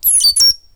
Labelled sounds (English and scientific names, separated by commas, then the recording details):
Stitchbird (Notiomystis cincta) song
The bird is a male
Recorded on Tiritiri Matangi Island, New Zealand, in 2005
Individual 7, of nest box 9